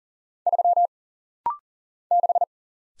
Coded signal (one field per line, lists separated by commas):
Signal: Morse code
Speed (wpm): 40 wpm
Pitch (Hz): 700 Hz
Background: none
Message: 3 6